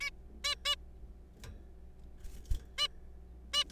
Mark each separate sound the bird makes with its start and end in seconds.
0.01-0.10, 0.44-0.55, 0.65-0.75, 2.78-2.88, 3.54-3.64